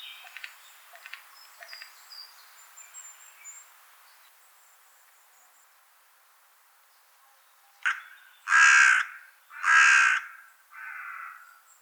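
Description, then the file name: Carrion crow giving three loud, harsh caws near the end, spaced about a second apart and the last one softer, after faint high chirps. "Corvus corone"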